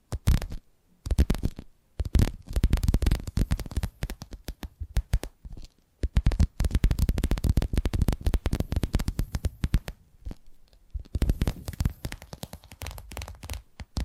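Tapping triggers in quick, uneven bursts of dense, low-heavy clicks, broken by short pauses near two, six and ten seconds.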